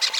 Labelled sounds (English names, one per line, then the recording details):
Brown-throated Parakeet contact call
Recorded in Venezuela
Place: Guárico; Corozopando; Fundo La Fe
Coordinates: 8.506, -67.593